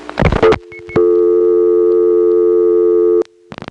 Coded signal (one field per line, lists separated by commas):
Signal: telephone call progress tone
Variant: North America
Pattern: dial tone